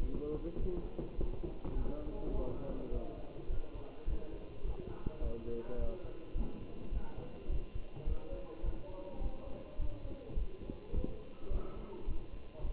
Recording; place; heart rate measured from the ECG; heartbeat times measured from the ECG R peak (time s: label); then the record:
heart sounds by stethoscope; between the tricuspid and mitral areas; 104 bpm
0.02 s: heartbeat
0.61 s: heartbeat
1.19 s: heartbeat
1.77 s: heartbeat
2.35 s: heartbeat
2.93 s: heartbeat
3.50 s: heartbeat
4.08 s: heartbeat
4.66 s: heartbeat
5.23 s: heartbeat
5.80 s: heartbeat
6.36 s: heartbeat
6.93 s: heartbeat
7.50 s: heartbeat
8.08 s: heartbeat
8.65 s: heartbeat
9.22 s: heartbeat
9.80 s: heartbeat
10.38 s: heartbeat
10.95 s: heartbeat
11.52 s: heartbeat
12.09 s: heartbeat
12.65 s: heartbeat
From the record:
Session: Bruce protocol treadmill stress test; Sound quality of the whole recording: good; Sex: male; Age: 27 years